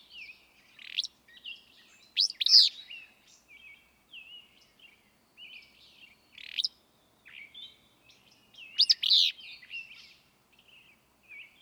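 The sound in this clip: Willow flycatcher song: rough, sneezing phrases repeated several times, mixed with lighter chirping notes.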